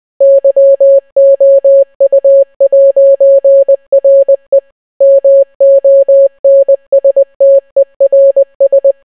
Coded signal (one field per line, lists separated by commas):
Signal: Morse code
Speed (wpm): 20 wpm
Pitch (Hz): 550 Hz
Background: none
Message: YOU'RE MONSTERS